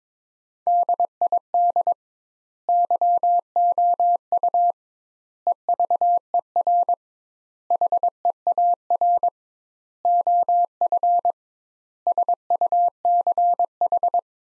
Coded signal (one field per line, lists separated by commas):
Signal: Morse code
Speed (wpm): 22 wpm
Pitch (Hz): 700 Hz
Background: none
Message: DID YOU EVER HEAR OF SUCH